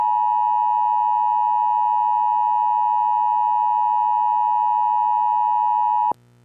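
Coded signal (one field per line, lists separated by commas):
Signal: Emergency Alert System (SAME) tones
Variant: 853 and 960 Hz attention tone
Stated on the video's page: Fictional EAS mock scenario.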